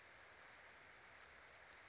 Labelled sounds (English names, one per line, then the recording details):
Western Flycatcher
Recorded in Sonoma County, California